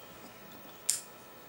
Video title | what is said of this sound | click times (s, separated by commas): WINCHESTER FOLDING POCKET LOCK KNIFE REVIEW | and when it's locked into place | 0.9 s